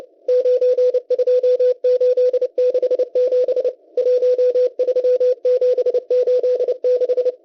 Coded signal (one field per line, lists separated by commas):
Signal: Morse code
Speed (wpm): 28 wpm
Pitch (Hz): 500 Hz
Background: none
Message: 92867 13786